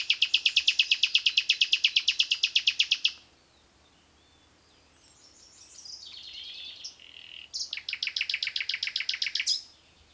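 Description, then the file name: Common nightingale song: a long rapid rattle of identical notes for about three seconds, silence, soft slurred whistles, then another fast repeated burst. "Luscinia megarhynchos"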